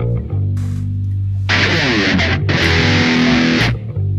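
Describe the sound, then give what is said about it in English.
A low, sustained electric guitar note gives way to two loud bursts of heavily distorted, fuzzy chords with a short break between them, then rings back down to a low hum. “Let me know if the distortion sounds alright.”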